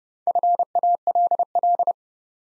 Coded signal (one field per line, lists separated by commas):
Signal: Morse code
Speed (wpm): 30 wpm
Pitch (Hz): 700 Hz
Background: none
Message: FALL